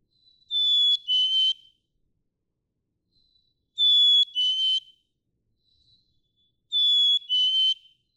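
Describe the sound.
Black-capped chickadee song, two sweet whistled notes, the second lower and slightly rough, repeated three times roughly every three seconds.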